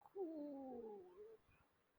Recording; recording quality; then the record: sustained vowel as in boot; excellent, no background noise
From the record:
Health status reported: healthy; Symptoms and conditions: cough, breathing difficulty, sore throat, fever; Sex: female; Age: 38 years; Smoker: not ticked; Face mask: not worn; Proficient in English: yes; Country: India